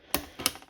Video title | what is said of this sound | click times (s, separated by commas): Mid Range CAD and Gaming PC Build | push it make sure it clicks on both sides and you are good | 0.1 s, 0.5 s